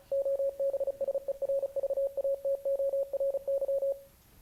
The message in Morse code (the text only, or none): OBSERVATORY